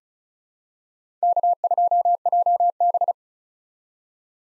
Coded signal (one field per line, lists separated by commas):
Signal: Morse code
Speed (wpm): 34 wpm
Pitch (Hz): 700 Hz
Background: none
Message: K2JB